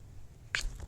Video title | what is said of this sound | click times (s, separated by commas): Killin' The Competition: Steel Will Argonaut 800 | which as we can see here is very similar the srk has a very distinct snap | 0.6 s